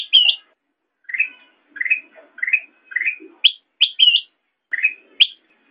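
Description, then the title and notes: Sooty-headed bulbul giving short chirpy notes, some rising and some with a slurred whistled twist, in irregular bursts over a quiet background. Recording made for training songbirds (masteran). "suara burung kutilang buat masteran"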